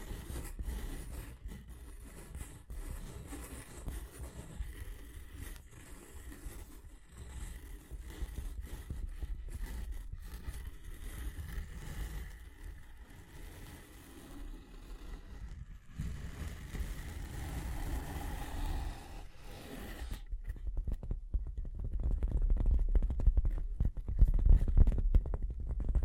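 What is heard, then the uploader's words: Tapping and scratching go on in a dense, irregular stream of short clicks and scrapes through the first twenty seconds, with a faint steady tone underneath. Around twenty seconds the upper sounds drop away, leaving louder low rumbling thuds and sparse ticks that build toward the end. Tapping and Scratching (No Talking).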